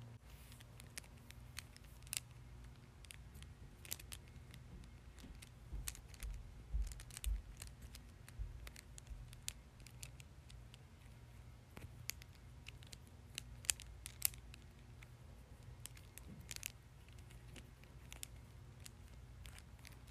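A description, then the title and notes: Someone plays with a Tangle fidget toy, producing a steady run of small plastic clicks and snaps throughout. The taps come irregularly but densely, with a few sharper clacks around seconds 7, 13–14 and 16, over a constant low hum. Playing with a Tangle Fidget.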